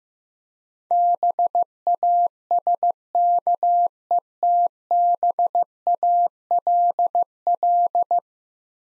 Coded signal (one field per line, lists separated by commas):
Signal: Morse code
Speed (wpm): 15 wpm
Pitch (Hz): 700 Hz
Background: none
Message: BASKETBALL